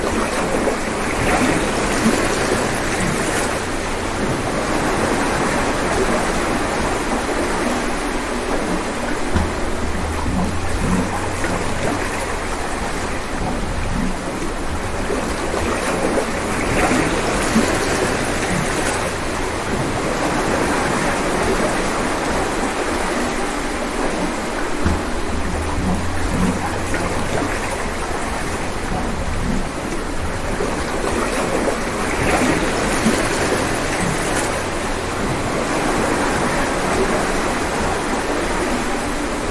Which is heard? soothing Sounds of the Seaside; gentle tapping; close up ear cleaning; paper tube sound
soothing Sounds of the Seaside